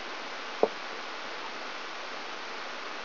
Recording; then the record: brain microelectrode recording played as sound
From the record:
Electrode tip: outside the subthalamic nucleus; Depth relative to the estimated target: 4 mm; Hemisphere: right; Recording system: AlphaMap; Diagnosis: Parkinson's disease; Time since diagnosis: 20 years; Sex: female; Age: 65 years